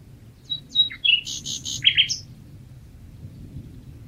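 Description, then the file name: Common nightingale song: a quick burst of whistled notes dropping in pitch, then a fast rattling trill and sharp chirps, ending in silence. "Luscinia megarhynchos"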